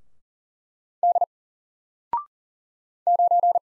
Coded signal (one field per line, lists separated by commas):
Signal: Morse code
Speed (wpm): 40 wpm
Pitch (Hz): 700 Hz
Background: none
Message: D 9